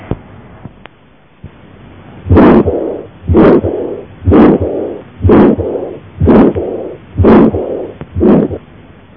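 Heart by stethoscope, about 60 beats per minute. To-and-fro murmur: a systolic and a diastolic murmur heard clearly at the same site, as found in Lutembacher syndrome, combined aortic stenosis and regurgitation, or combined pulmonary stenosis and regurgitation.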